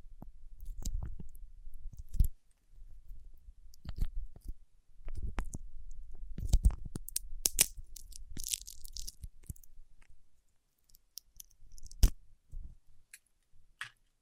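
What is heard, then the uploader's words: Fingertips working wax make irregular sticky clicks and soft squishes, with sharp crackling bursts around seven to nine seconds and scattered pops afterward. ASMR with Wax Fingertips for Sleep (No Talking).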